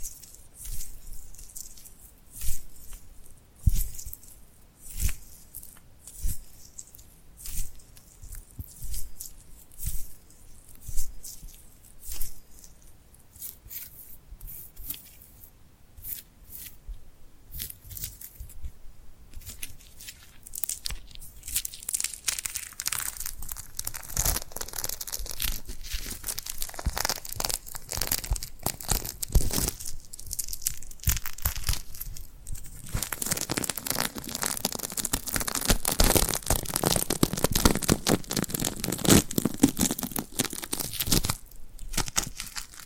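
Glued hands make sticky peeling and crackling sounds, sparse taps at first, then a dense, bright, continuous crinkling from about twenty seconds on.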